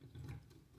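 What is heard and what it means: A plastic part of a transforming robot figure, an Iron Factory Lord Scorpion (IDW Scorponok), is slid into its slot and folded down, heard as a brief low rustling handling noise. Nothing has seated or clicked yet; the part is not yet locked into place.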